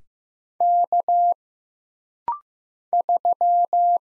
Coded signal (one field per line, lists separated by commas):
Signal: Morse code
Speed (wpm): 15 wpm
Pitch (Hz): 700 Hz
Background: none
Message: K 3